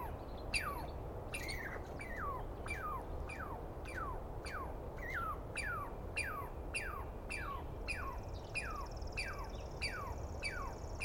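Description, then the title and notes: Douglas squirrel calling: steady run of falling chirps, with a thin high trill joining near the end. Douglas pine squirrel screaming for a long while at dawn, morning of 21 April 2017, East Cascades; identified by sound, not clearly seen. "On the morning of 21 April, 2017, I set up my microphones and recorder for a nice dawn recording in the East Cascades. I was started awake by a screaming Douglas Pine Squirrel."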